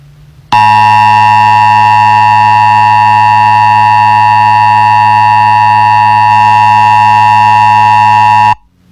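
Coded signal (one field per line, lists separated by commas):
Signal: Emergency Alert System (SAME) tones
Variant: 853 and 960 Hz attention tone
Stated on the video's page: Fictional EAS scenario.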